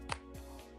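Someone triggers the picture mechanism on a plastic brick-built instant camera, and a small brick "photo" piece fires out of the slot with a sharp snap at 0.1 s over a steady low hum. The piece is released, shooting out surprisingly hard.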